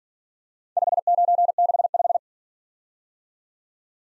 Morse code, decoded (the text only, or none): 5965